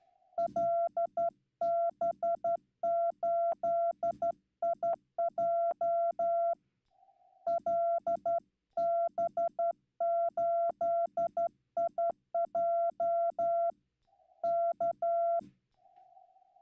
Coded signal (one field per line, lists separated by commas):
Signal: Morse code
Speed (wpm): 12 wpm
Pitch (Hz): 680 Hz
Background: none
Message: LB8IJ LB8IJ K